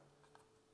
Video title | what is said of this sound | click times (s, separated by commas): Zhiyun CRANE 4 / CRANE 4E Cinepeer - Complete beginners Guide - Start Here - How to use Tutorial | and it's all now locked | 0.4 s